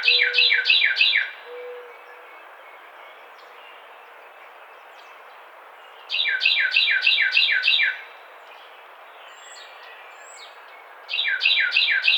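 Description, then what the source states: Carolina wren song, three loud bursts of quickly repeated swept syllables spaced several seconds apart, with steady background hiss. Recorded 11 April 2009.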